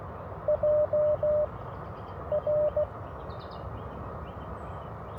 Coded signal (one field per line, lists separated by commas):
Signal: Morse code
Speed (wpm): 16 wpm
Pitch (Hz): 590 Hz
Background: none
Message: JR